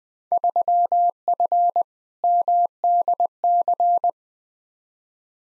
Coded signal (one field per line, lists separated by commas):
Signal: Morse code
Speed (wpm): 20 wpm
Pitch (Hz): 700 Hz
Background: none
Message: 3F MDC